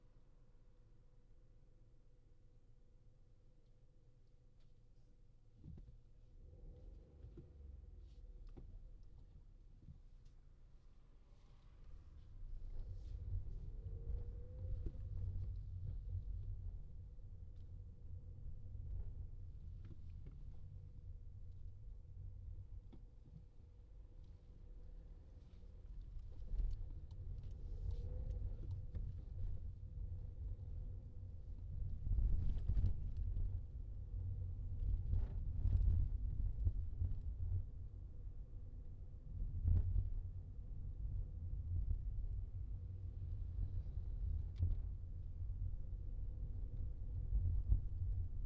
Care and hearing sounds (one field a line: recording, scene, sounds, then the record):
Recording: everyday scene through a hearing-aid microphone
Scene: in a vehicle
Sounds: engine, highway traffic jam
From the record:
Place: Skoda Fabia, gasoline engine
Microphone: in the ear canal, left